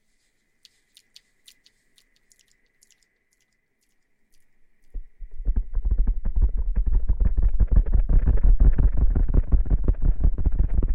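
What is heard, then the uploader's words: Faint scattered ticks over a thin steady tone, then at five seconds a water bottle shakes in a dense, rapid, low thumping slosh. ASMR Shaking water bottle & Ear massage.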